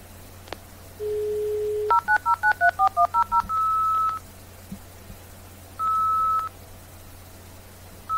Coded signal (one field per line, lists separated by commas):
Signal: fax machine handshake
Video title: Fax Machine sound